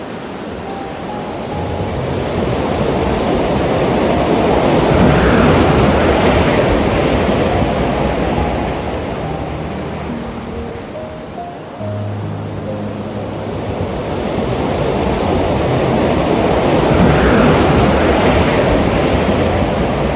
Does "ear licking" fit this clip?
no